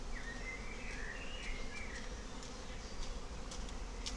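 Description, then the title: A low, even bee hum runs steadily, with a bird's sliding whistled phrase early on and sharp clicks near the end. Bees in a forest in May, fine spring weather, with birds also very active; Klettenstieg, Rahlstedt, Wandsbek, Hamburg, Germany; recorded on an Olympus LS12 with a double-neck microphone. "Klettenstieg, Rahlstedt, Wandsbek, Hamburg, 22143, Deutschland - Bienen und Vögel im Wald - im Mai"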